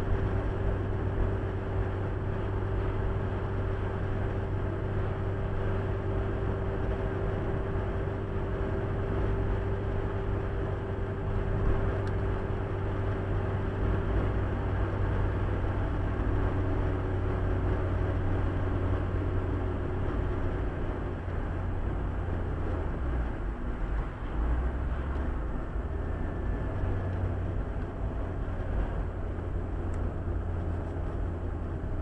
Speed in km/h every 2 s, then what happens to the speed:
90, 90, 91, 91, 91, 91, 90, 90, 88, 87, 85, 80, 76, 70, 64, 63.
0-21 steady at about 90. 21-28 slows to 64.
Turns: none.